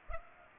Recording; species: mosquito wingbeat signal from an infrared sensor; Culex pipiens